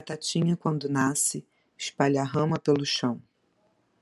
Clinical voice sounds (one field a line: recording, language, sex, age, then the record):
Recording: short text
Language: Brazilian Portuguese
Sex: female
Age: 40 to 49 years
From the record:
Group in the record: control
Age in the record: 46 years